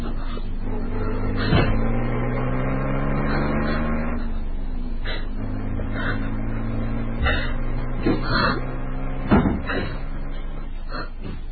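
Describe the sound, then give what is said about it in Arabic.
A car drives around a house with a low, steady engine hum whose pitch drops partway through, while several sharp clicks and thumps cut in over the idling motor. “أصلت السيارة حول البيت.”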